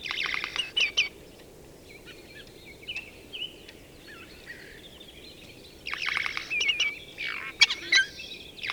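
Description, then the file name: Eurasian jay producing rasping screeches at the start and end, with softer warbled and whistled sounds in the quieter middle stretch. "Garrulus glandarius"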